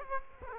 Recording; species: mosquito wingbeat signal from an infrared sensor; Culex quinquefasciatus